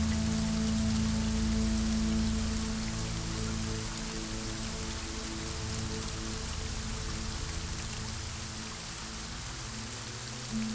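A forest waterfall pours in a steady, dense rush of falling water, hissing evenly across the whole clip. Beneath it runs a low, sustained musical drone that thins out after about four seconds and swells back near the end.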